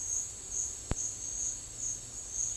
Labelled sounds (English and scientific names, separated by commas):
none